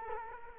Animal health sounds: mosquito wingbeat signal from an infrared sensor; Culex quinquefasciatus

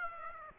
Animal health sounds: mosquito wingbeat signal from an infrared sensor; Aedes aegypti

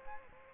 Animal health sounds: mosquito wingbeat signal from an infrared sensor; Aedes aegypti

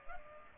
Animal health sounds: mosquito wingbeat signal from an infrared sensor; Culex pipiens

